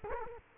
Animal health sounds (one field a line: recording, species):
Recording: mosquito wingbeat signal from an infrared sensor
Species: Culex quinquefasciatus